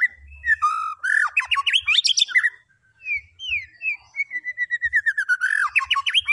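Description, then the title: White-rumped shama singing a fast, varied run of whistles, chattering trills and slurred notes, with a short gap midway before the rapid phrases resume. Lure recording of a loud, vigorously singing bird, used to provoke a response from other birds. "PANCINGAN MEWAH MURAI BATU GACOR, SEKALI DENGAR AMPUH LANGSUNG RESPON"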